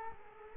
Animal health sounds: mosquito wingbeat signal from an infrared sensor; Culex quinquefasciatus

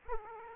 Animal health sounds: mosquito wingbeat signal from an infrared sensor; Aedes aegypti

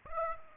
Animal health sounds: mosquito wingbeat signal from an infrared sensor; Aedes aegypti

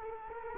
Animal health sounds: mosquito wingbeat signal from an infrared sensor; Culex quinquefasciatus

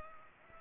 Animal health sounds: mosquito wingbeat signal from an infrared sensor; Culex pipiens

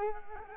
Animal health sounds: mosquito wingbeat signal from an infrared sensor; Culex quinquefasciatus

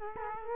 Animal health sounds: mosquito wingbeat signal from an infrared sensor; Culex quinquefasciatus

